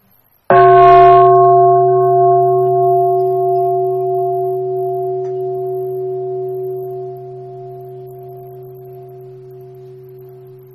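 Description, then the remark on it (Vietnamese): A Buddhist meditation bell is struck once, giving a sharp attack followed by a long, deep resonant ring with steady harmonic tones that slowly fades over about ten seconds, with no voices. “Tiếng chuông này là cơ hội để cho mình thực tập ba hơi thở vào và ba hơi thở ra sâu lắng, đem lại cái bình an, cái sự lắng dịu của thân và tâm.”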